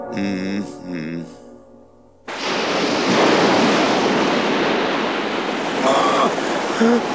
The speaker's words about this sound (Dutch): De golven worden alsmaar hoger.